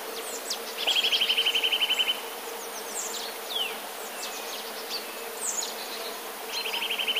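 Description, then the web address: Eurasian nuthatch song: two fast, regular trills of piping notes, the first over a second long, with sparse high chirps between them. "wroblowe kowalik kowalikispiew"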